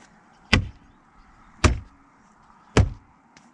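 A plastic door trim panel on a Dodge Charger is realigned after its tabs were found out of line, then knocked firmly onto its clips in the car door. Three loud, sharp snaps ring out at 0.5, 1.6 and 2.8 seconds, with faint softer knocks in between and at the end. The panel clips are seated home.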